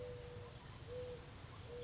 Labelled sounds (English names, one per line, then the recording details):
Mourning Dove
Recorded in Sonoma County, California